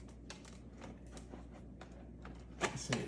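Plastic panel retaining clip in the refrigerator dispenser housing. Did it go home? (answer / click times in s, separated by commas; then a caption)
no / none. Someone pries at the plastic dispenser panel on an LG French door refrigerator ice dispenser, working against the panel's retaining clip in the dispenser housing. Scattered short plastic ticks and scrapes sound over a low steady hum, growing louder toward the end. The clip has not released yet, and nothing has popped or clicked free.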